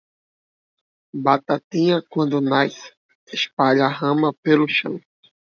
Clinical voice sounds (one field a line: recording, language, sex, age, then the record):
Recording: short text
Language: Brazilian Portuguese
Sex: male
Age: 20 to 29 years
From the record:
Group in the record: control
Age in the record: 24 years